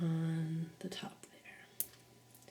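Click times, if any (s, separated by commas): 1.8 s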